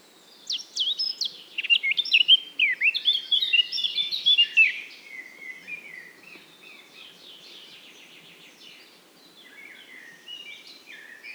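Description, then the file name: Eurasian blackcap song starting with loud varied whistles and scratchy notes, then trailing into a long quieter warbling passage over steady background noise. "Sylvia atricapilla"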